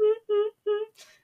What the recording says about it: I was diagnosed, and probably around age 8 or 9, I started with some. Vocal tics. Kind of like in the back of my throat, especially now if you watch a horror movie with me. It's like the scream.